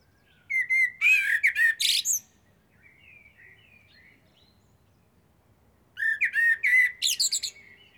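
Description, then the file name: Common blackbird song in two phrases separated by a soft, subdued warble: each opens with low mellow fluting and closes in a high, strained chittering flourish. "Turdus merula"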